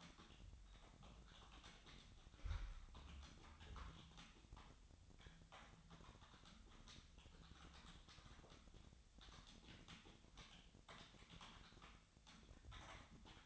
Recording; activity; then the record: daily activity, microphone in the room; typing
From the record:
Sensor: 3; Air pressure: 1009.4 hPa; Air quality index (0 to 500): 196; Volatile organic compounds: 16 ppm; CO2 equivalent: 2552 ppm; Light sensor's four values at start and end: 36/88/38/41 and 36/88/38/41